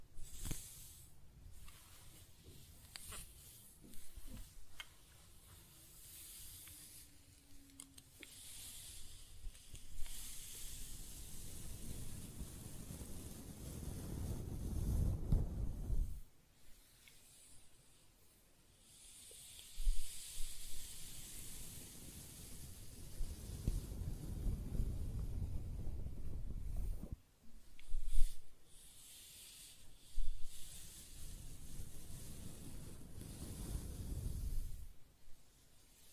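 Close-up hair sounds: scratching, brushing and stroking. It starts with scattered light scratches and crackles, then turns into long, dense passes of rough brushing with a dull low rumble. These last several seconds each, separated by brief near-silent pauses.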